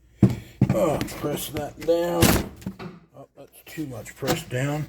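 A locking fitting on a cleaned Stihl BR600 backpack leaf blower is pressed down by hand while someone talks, with sharp handling thumps at about 0.2 s and 0.6 s and a softer knock near 2.6 s. Nothing has seated or clicked yet.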